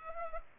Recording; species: mosquito wingbeat signal from an infrared sensor; Culex pipiens